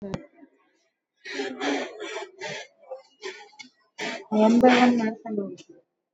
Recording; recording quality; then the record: deep breathing; poor, much background noise or distortion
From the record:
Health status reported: exposed to COVID-19, no respiratory illness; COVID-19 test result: negative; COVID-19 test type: RT-PCR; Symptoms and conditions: cough, cold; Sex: male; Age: 28 years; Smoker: no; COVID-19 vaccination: both doses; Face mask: worn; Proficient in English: yes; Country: India